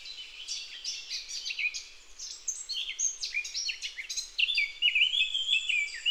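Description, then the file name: Eurasian blackcap song, a fast, jumbled warble of scratchy chatter leading into loud, clear whistled phrases in the final seconds, over faint background hiss. "Sylvia atricapilla"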